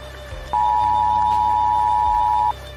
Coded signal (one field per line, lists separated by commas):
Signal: Emergency Alert System (SAME) tones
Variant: 853 and 960 Hz attention tone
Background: music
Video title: U.S. Retaliates in WW3 Attack | EAS Fictional Alert Broadcast